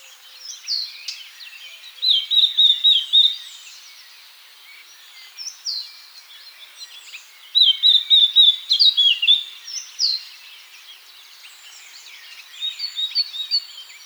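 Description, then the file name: Eurasian blackcap song: three loud warbled, fluting phrases about five seconds apart, with faint scattered notes between. "Sylvia atricapilla"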